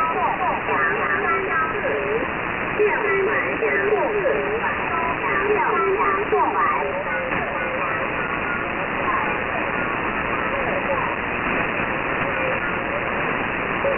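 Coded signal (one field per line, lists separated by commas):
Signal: numbers station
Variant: VC01 Chinese Robot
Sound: continuous robotic, garbled voice-like warbling through band-limited radio hiss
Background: radio static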